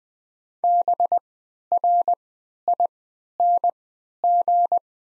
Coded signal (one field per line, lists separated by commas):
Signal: Morse code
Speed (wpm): 20 wpm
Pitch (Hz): 700 Hz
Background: none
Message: BRING